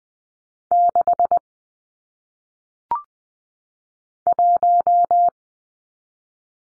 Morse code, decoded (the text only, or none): 6 1